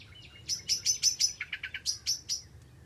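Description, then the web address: Bird chirps: a quick series of about twelve high, sharp chirps, a few lower notes in the middle, delivered rapidly over two seconds. "cianscape birddata Deverinetal 2025 Bird Only Tu Me"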